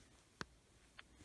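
A second plastic safety eye back is pushed onto the other side's safety eye post through the crochet fabric of a crochet doll. Two sharp clicks sound at 0.4 s and 1.0 s over quiet background, and the back seats home.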